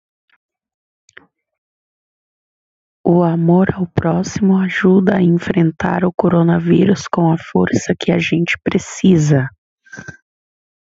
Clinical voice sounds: spoken sentence; Brazilian Portuguese; female; 20 to 29 years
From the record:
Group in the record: control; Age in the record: 24 years

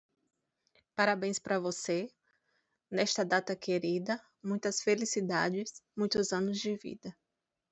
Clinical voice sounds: short text; Brazilian Portuguese; female; 20 to 29 years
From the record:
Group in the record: control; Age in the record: 28 years

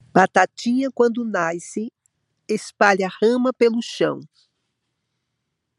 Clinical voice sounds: short text; Brazilian Portuguese; female; 60 to 69 years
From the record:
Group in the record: control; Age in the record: 66 years

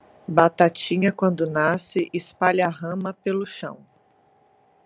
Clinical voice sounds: short text; Brazilian Portuguese; female; 30 to 39 years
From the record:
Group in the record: control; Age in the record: 34 years

